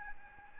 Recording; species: mosquito wingbeat signal from an infrared sensor; Aedes albopictus